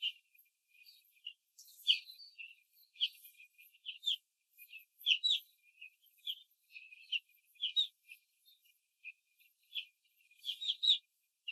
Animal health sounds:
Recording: young laying hens in a cage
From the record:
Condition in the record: control cage, after the stress test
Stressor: none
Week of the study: 4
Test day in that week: 1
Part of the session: 3

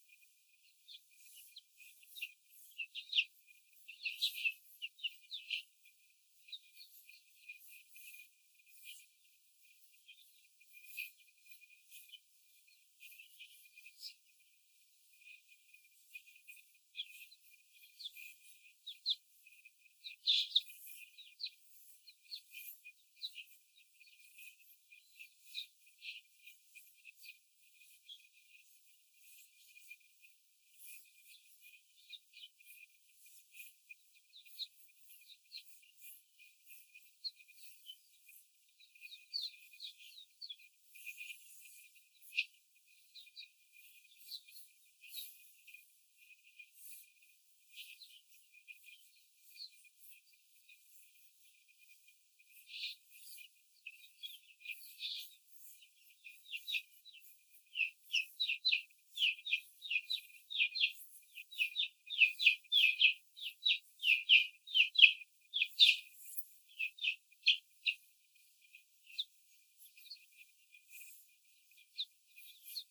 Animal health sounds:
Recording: young laying hens in a cage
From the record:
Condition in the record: after the stressor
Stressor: simulated dog barking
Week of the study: 4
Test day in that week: 1

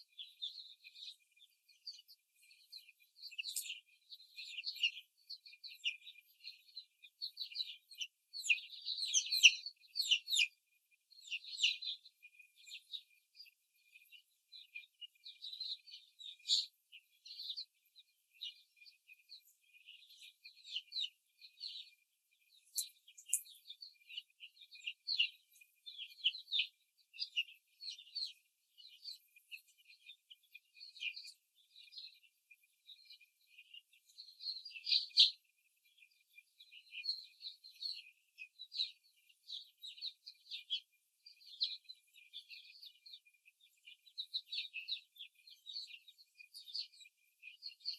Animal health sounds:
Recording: young laying hens in a cage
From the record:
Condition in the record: before the stressor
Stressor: simulated dog barking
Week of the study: 3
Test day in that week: 2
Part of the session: 1

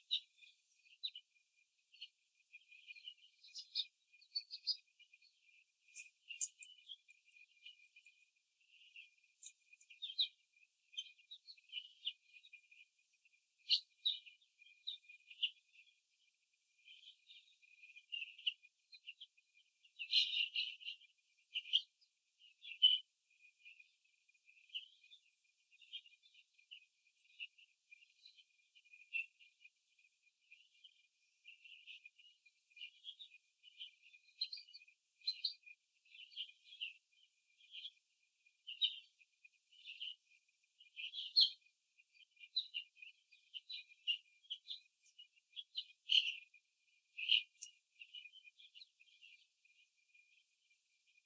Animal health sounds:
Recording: young laying hens in a cage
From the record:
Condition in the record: after the stressor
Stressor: simulated dog barking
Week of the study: 3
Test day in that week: 1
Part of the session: 3

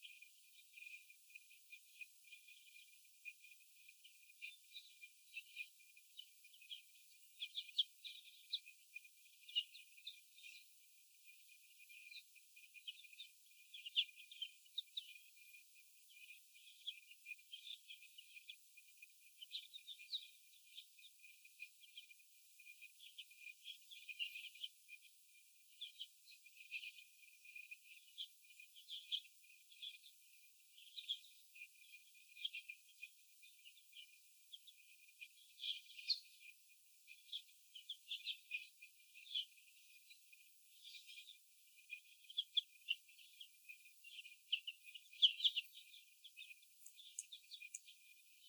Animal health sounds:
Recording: young laying hens in a cage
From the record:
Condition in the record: after the stressor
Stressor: sudden umbrella opening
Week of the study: 2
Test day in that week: 1

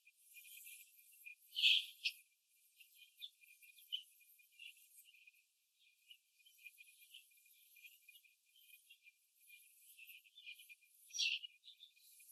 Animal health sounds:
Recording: young laying hens in a cage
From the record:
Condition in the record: after the stressor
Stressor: simulated dog barking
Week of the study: 2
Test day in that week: 2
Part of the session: 4

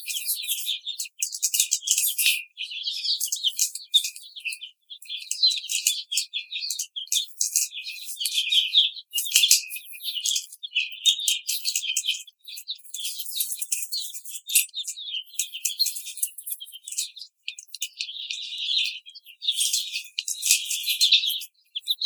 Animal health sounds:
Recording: young laying hens in a cage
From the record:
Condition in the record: treatment cage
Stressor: simulated dog barking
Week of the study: 5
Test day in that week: 1

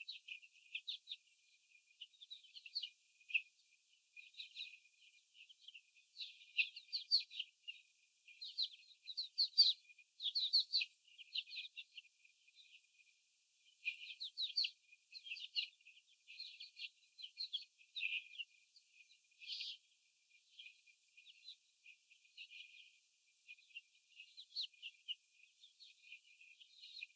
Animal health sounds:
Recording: young laying hens in a cage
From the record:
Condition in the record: after the stressor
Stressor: sudden umbrella opening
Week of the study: 3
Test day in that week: 2

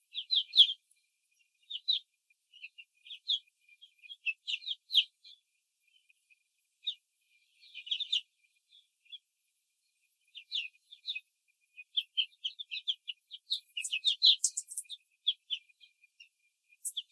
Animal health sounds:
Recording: young laying hens in a cage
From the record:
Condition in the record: control cage, after the stress test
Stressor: none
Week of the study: 4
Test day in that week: 3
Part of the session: 2

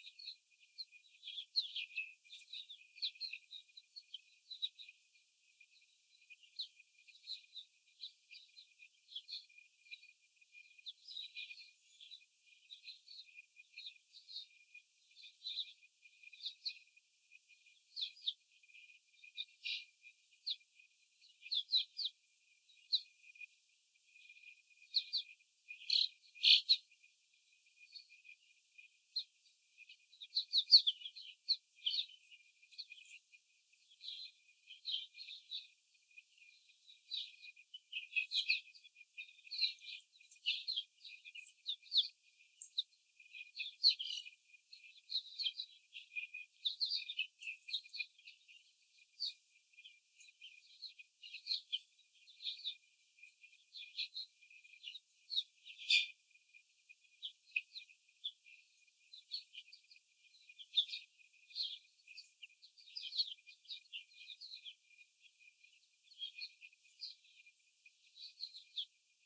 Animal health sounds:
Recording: young laying hens in a cage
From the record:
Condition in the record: after the stressor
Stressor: simulated dog barking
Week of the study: 4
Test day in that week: 3

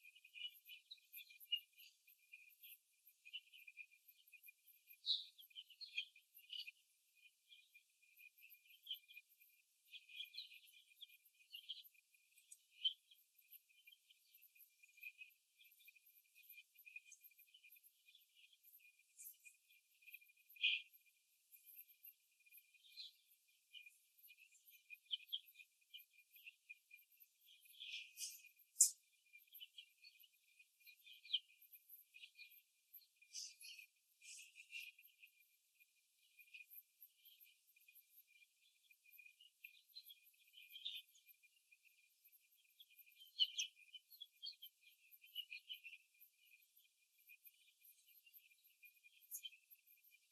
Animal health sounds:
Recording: young laying hens in a cage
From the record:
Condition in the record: after the stressor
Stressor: simulated dog barking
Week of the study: 2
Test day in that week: 3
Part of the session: 1

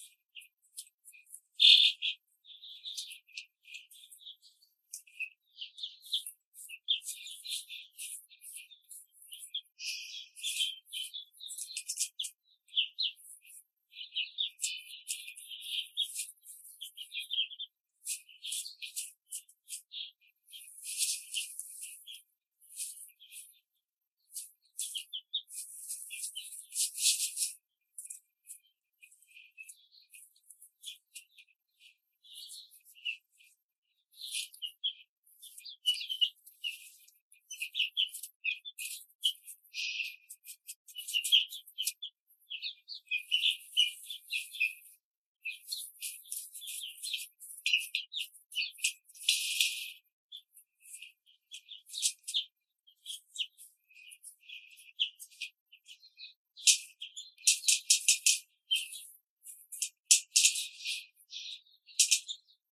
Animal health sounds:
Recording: young laying hens in a cage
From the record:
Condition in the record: control cage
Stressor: none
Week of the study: 5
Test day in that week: 1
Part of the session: 2

